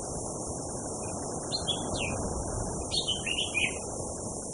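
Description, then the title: Orange-headed thrush giving a few quick whistled, slurred notes in two short bursts, against continuous rushing wind noise and a steady high hiss. Tutor recording for training cage birds, mixed with blowing wind, for therapy. "Anis Kembang. Suara Burung Anis Merah + Hembusan Angin Untuk Terapi"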